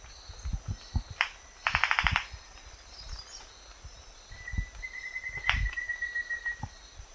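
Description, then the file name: Rufous-vented ground cuckoo bill clapping, a quick dry rattle of clacks near the start and a few separate snaps, with a long thin whistle, steady insect drone and pulsing insects behind. Jacu song with bill clapping. "Canto do jacu estalo de bico verde"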